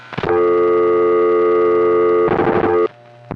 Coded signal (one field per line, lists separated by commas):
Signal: telephone call progress tone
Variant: North America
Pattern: dial tone